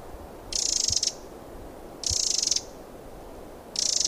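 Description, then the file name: Eurasian wren churring calls: three harsh, high-pitched rattles, each about half a second, spaced about one and a half seconds apart. "Troglodytes troglodytes"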